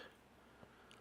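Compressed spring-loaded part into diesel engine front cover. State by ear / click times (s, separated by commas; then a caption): not seated / none. A compressed spring-loaded part is pushed into the front cover of an N14 diesel engine, making low scraping and handling noises with a brief sharp tick near 0.9 s. The part fails to snap into place, and nothing has seated or clicked yet.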